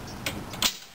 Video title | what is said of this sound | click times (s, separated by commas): Trike Rack Loading and Adjustment HRT1-2T Hitch Rider | it back up, you get a hold the outside wheel holder, you pull it up until the convenience latch clicks into place. | 0.3 s